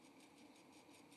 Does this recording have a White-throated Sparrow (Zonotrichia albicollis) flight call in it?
no